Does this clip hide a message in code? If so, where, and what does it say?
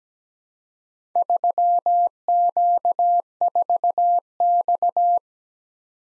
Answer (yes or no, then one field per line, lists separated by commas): yes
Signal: Morse code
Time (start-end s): 1.2-5.2 s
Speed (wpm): 17 wpm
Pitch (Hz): 700 Hz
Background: none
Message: 3Q4X